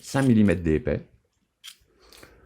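A screwdriver bit is being pushed into a metal bit holder on a multitool while someone talks. After the speech, there are faint handling sounds and a few small ticks, ending in one sharp tap. Nothing has seated or clicked yet.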